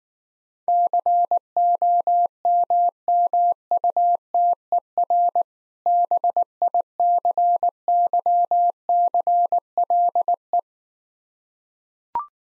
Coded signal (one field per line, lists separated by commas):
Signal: Morse code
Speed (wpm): 19 wpm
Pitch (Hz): 700 Hz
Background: none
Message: COMMUTER BICYCLE